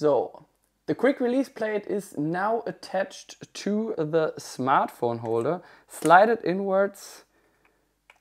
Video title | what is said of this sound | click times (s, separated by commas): ULANZI smartphone clamp with mini tripod - most versatile smartphone adapter [4K] | you hear that little click on the side | 8.1 s